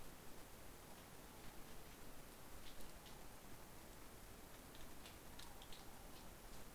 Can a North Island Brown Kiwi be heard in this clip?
no